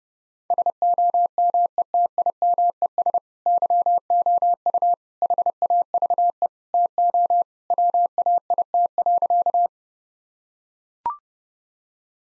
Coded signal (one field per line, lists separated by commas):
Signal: Morse code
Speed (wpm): 30 wpm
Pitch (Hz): 700 Hz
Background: none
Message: SOMETIMES YOU HAVE TO WAIT.